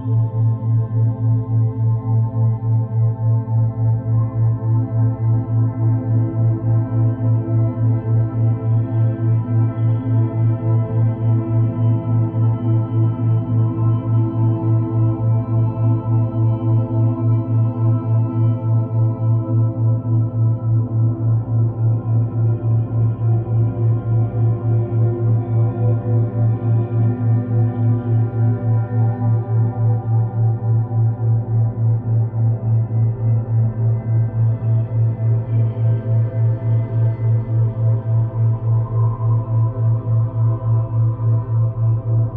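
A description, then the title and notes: Two steady tones sound together at slightly different pitches, a low hum that holds for the whole clip without a break. A gentle, regular wavering runs through the sound, and a faint stack of higher buzzing overtones shifts slowly above it. Binaural Beats | Delta Frequency Cleanse. Two tones with slightly different frequencies at the same time.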